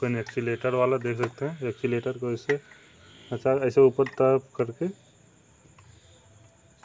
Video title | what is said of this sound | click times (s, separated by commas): What to do if the wood cutter does not load#video लकड़ी काटने वाला मशीन#chainsawrepair | यहाँ से इसको लॉक हो गया। | 6.8 s